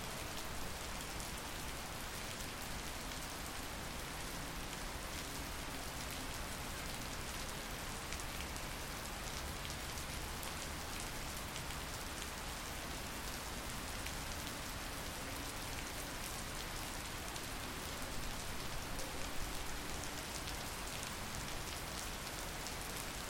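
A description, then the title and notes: Rain falls steadily for the whole stretch, a dense, even hiss of drops striking a hard surface. The sound stays bright, with a faint low rumble underneath and no real change in intensity from start to finish. The sound of rain.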